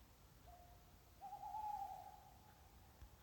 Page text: Cagèca (#Strix aluco) cantant dens lo parc deu casteth d'#Amor en #Shalòssa.